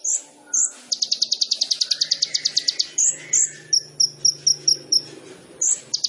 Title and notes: KOLIBRI NINJA FULL ISIAN DAN TEMBAKAN. Suara Burung Kolibri Ninja Gacor